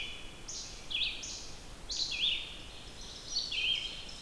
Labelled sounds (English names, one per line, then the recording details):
Red-eyed Vireo song
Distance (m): 20 m
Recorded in boreal forest in Alberta, Canada, on 28 June 2016 at 07:17
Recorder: SongMeter 3, array SBT-6-79
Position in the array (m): 122 m, 190 m